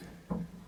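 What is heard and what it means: A decorative trim cap is pressed onto the handle of a Delta shower faucet that was rebuilt to fix a leak, and it snaps into place with one short, sharp click at 0.3 s over a faint steady low hum. The cap is seated.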